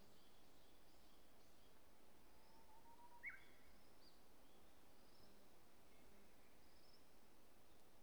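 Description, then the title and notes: Japanese bush warbler song: a faint, long, low held whistle followed by a quick rising-and-falling flourish, heard once over constant background noise. At Polan Square by the Miyazawa Kenji Memorial Museum parking lot, National Route 456, Hanamaki, Iwate, Japan; recorded on a DR-07XP. "宮沢賢治記念館駐車場, 国道456号, 花巻市, 岩手県, 日本 - uguisu in Polan Square. uguisu(鶯)=Horornis diphone. DR-07XP"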